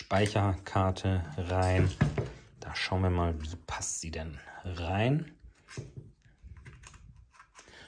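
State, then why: Not seated. Someone talks while holding an SD memory card at the card slot of a K&F trail camera, checking its labels and which way it goes in before pushing it home. Faint handling ticks follow the speech near the end, but nothing has seated or clicked yet.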